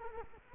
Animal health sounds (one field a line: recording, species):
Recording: mosquito wingbeat signal from an infrared sensor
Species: Culex quinquefasciatus